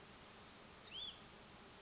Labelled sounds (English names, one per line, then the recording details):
Hutton's Vireo
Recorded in Sonoma County, California